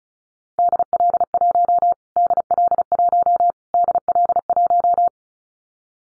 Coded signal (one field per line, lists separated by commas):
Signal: Morse code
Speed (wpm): 34 wpm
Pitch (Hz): 700 Hz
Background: none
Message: DL1 DL1 DL1